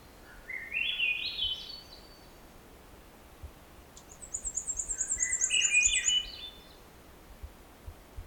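Black-and-white Warbler song: a very high, thin run of rapidly repeated squeaky two-part notes, with lower rising chirpy phrases before and after it.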